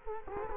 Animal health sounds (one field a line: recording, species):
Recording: mosquito wingbeat signal from an infrared sensor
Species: Culex quinquefasciatus